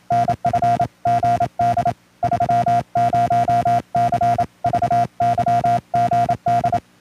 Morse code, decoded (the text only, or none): NF GD 30C VY GD